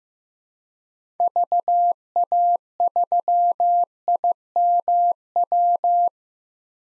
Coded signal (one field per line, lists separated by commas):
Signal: Morse code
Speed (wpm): 15 wpm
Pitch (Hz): 700 Hz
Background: none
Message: VA3IMW